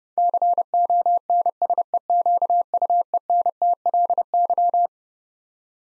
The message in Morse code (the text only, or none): CONSEQUENTLY